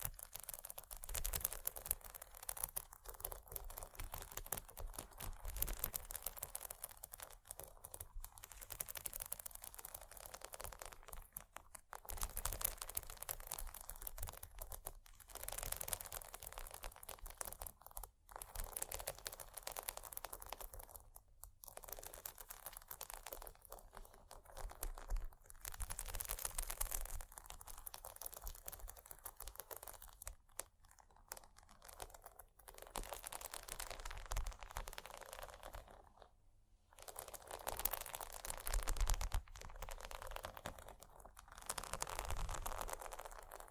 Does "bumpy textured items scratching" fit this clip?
yes